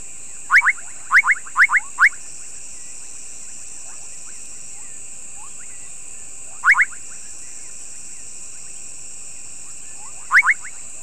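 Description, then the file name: Bubbling kassina calls: clusters of short, popping, rising notes in scattered bursts, against a steady shrill drone. "Kassina senegalensis"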